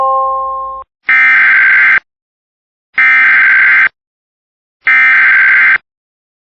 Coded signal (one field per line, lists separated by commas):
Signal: Emergency Alert System (SAME) tones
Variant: header bursts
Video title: ⚠️⚠️Super scary Flash Flood Emergency🚨 for all of Hawaii!!￼ (EAS 11)⚠️⚠️ #hawaiistrong